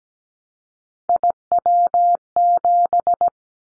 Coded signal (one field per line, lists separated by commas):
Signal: Morse code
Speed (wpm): 17 wpm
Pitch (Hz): 700 Hz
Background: none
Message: IW7